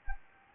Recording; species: mosquito wingbeat signal from an infrared sensor; Anopheles arabiensis